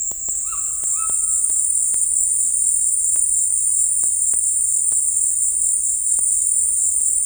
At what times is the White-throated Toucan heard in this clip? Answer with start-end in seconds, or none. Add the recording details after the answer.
0.43-1.59. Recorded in dense forest near Puerto Asís, Putumayo, Colombia, on 20 February 2024 at 14:30. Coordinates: 0.484, -76.317. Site G6464